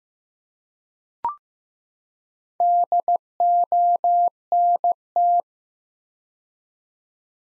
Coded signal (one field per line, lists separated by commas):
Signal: Morse code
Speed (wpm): 15 wpm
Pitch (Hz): 700 Hz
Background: none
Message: DONT